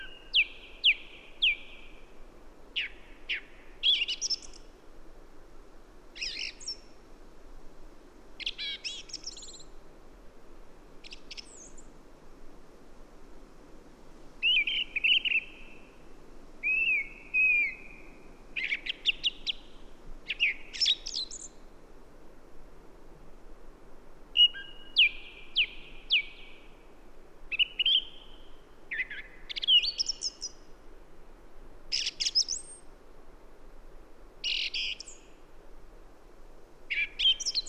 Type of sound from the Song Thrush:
song